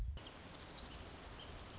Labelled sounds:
Orange-crowned Warbler (Leiothlypis celata)
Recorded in Sonoma County, California

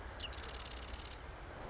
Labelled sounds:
Marsh Wren (Cistothorus palustris)
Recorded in Sonoma County, California

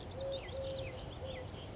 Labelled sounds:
Eurasian Collared Dove (Streptopelia decaocto)
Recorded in Sonoma County, California

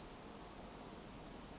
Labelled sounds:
Western Flycatcher (Empidonax difficilis)
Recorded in Sonoma County, California

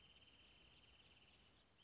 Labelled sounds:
Wrentit (Chamaea fasciata)
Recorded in Sonoma County, California

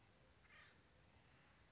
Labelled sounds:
Acorn Woodpecker (Melanerpes formicivorus)
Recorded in Sonoma County, California

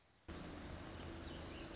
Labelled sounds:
Wilson's Warbler (Cardellina pusilla)
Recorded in Sonoma County, California

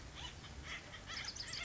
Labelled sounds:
Acorn Woodpecker (Melanerpes formicivorus)
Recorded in Sonoma County, California

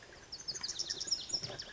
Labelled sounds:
Lazuli Bunting (Passerina amoena)
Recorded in Sonoma County, California

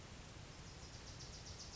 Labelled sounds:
Bewick's Wren (Thryomanes bewickii)
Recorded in Sonoma County, California

